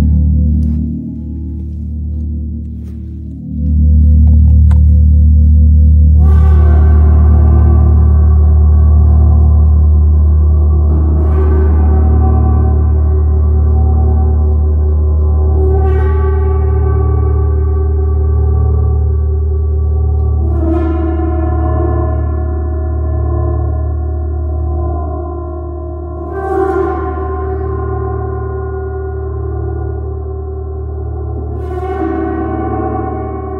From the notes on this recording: the sound of the Chiron Gong